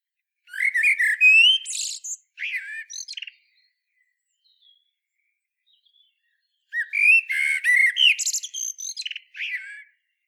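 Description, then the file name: Common blackbird song in two bouts: rich warbling whistles that rise and fall, each trailing off in scratchy high twitters, with a quiet pause between. "Turdus merula"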